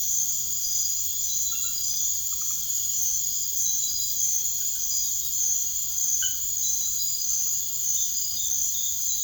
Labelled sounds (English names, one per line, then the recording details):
none
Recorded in secondary vegetation near Puerto Asís, Putumayo, Colombia, on 21 March 2025 at 01:30
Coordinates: 0.489, -76.322
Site G042